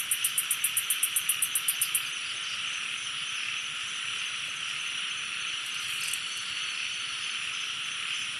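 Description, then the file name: Insects buzzing in a dense continuous night chorus, with a fast pulsed high trill for the first two seconds and a steady whining drone throughout. Night ambience at a jungle pond in Thailand. "thailand jungle night pond frogs insects"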